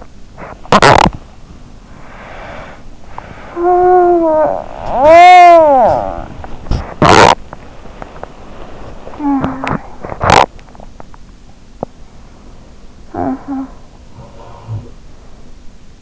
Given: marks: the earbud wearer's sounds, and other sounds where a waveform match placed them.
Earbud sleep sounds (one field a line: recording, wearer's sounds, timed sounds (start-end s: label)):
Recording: sounds in sleep by an in-ear microphone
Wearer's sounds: teeth grinding, swallowing, snoring breath, body movement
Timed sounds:
0.00-1.40 s: teeth grinding
1.40-3.18 s: swallowing
3.18-6.60 s: snoring breath
6.60-16.02 s: body movement
6.89-10.68 s: teeth grinding